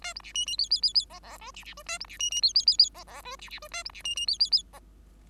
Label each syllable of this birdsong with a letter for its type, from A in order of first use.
A B C D E E E E F F G C C G A B C D D E E E E F F G C C G A B C D D E E E F